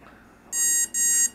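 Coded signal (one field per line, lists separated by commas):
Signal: beep code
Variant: BLHeli ESC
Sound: two short buzzy electronic beeps from a motor controller, close together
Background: quiet room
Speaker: then here it's going to beeps is timing mode three beeps start mode 4 beefs cutoff mode and then five is a long beep and too long beeps then a beep beep beep next one is motor rotation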